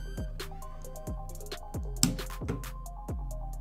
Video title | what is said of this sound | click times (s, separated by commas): Canon G7X I & II Dust Inside Lens Fix A Travel Hack | you're closing it you should hear a small click there | 2.0 s